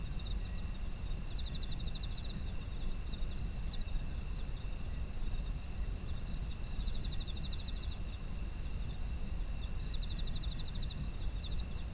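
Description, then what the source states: Insects trilling in short pulsed bursts at intervals, over unbroken high-pitched whining and a low steady hum. Autumn insects, environmental ambient sound.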